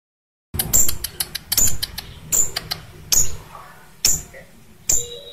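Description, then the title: Lovebird giving shrill, scratchy chirps and clicks at uneven intervals, with a few higher squeaky notes. Used as a tutor to train caged birds. "MASTERAN BURUNG. lovebird"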